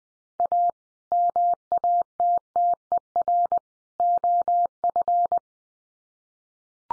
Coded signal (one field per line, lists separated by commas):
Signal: Morse code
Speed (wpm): 20 wpm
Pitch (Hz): 700 Hz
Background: none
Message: A MATTER OF